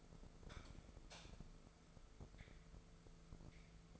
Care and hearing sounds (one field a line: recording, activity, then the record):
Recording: daily activity, microphone in the room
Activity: light off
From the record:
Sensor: 5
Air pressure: 1014.7 hPa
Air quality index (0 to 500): 158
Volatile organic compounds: 5 ppm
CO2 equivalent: 1742 ppm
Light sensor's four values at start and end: 74/181/74/79 and 73/176/72/77